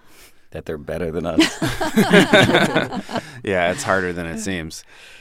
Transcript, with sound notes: That they're better than us.
(LAUGHTER)
Yeah, it's harder than it seems.